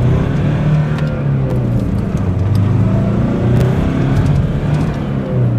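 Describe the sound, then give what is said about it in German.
The engine of Miranda's car starts and rumbles loudly and steadily, its low droning pitch rising and dipping as it revs, with no voices over it. “Ich setzte mich in Mirandas Auto.”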